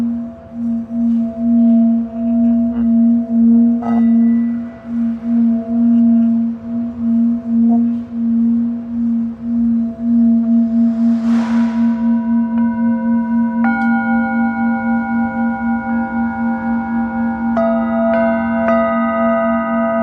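A Tibetan singing bowl hums on a steady low pulsing tone, struck again around 4, 13.5 and 17.5 seconds, with a brief rustle near 11.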